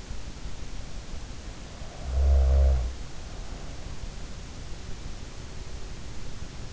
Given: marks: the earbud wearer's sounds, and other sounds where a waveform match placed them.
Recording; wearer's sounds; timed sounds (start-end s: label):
sounds in sleep by an in-ear microphone; snoring breath
1.78-3.86 s: snoring breath